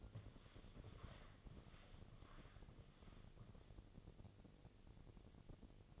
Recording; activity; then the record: daily activity, microphone in the room; walk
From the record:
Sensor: 4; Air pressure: 1001.3 hPa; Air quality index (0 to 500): 178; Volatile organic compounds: 2 ppm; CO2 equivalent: 1274 ppm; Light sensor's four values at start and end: 14/33/13/13 and 14/33/13/14